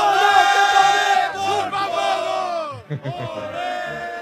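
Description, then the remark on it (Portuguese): A crowd of football fans chants loudly together at the entrance of the stadium, many voices in a sustained, harmonized shout with rising and falling pitch, briefly dipping before the chant surges back. “Só pra vocês sentirem, pra gente fechar essa porta do estádio aqui, na boca do estádio, de um jeito legal, pra vocês sentirem o clima aqui.”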